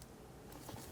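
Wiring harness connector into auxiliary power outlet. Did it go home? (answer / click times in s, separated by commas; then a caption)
no / none. A plastic wiring harness electrical connector is being pressed onto the back of a replacement auxiliary power outlet on a 2006–2012 Ford Fusion. Low, steady handling noise is heard, with brief faint ticks at about 0.0 s and 0.9 s. The connector has not clicked or seated yet.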